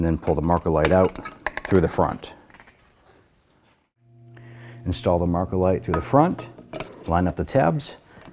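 A plastic marker light housing is handled at the front of a new plastic grille on a 2007-2017 Jeep Wrangler, pushed through from the front with its tabs lined up, while someone talks. Faint handling noises come between stretches of talk, and nothing has seated or clicked into place yet.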